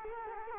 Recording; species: mosquito wingbeat signal from an infrared sensor; Culex quinquefasciatus